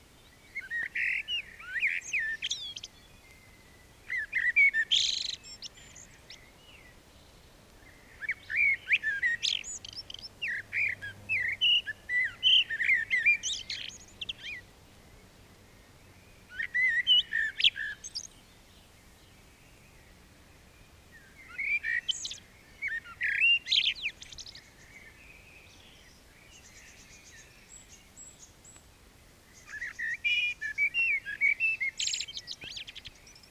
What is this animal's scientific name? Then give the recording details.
Turdus merula. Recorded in the wild. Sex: male. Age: adult. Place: Bielefeld-Mitte, Nordrhein-Westfalen, DE. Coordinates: 52.0078, 8.5475. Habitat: residential district. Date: 1968-04-15. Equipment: Uher 4000 Report-S, Bändchenmikro Beyer M 260, Parabolspiegel Polyester (470 mm). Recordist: Conrads, Klaus